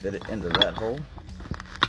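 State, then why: Seated. Someone talks while the squeezed uprights of a rider backrest are pushed into the mounting hole on a motorcycle seat, with a few light knocks at about 1.5 to 1.8 seconds. A sharp click at 1.8 seconds marks the post seating and locking at a height setting.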